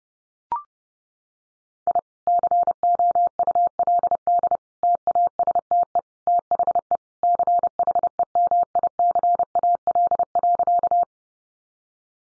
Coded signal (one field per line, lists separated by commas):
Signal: Morse code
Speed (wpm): 30 wpm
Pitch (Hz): 700 Hz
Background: none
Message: I COULD TASTE THE CHEMICAL.